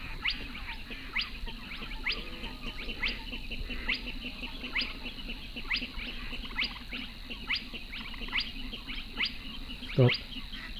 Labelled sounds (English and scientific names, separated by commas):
Spotted Crake (Porzana porzana)